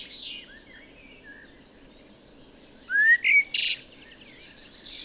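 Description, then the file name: Common blackbird song: a short fluted, rising whistle followed by a burst of high, squeaky twittering notes, with thinner chirps at the start. "Turdus merula"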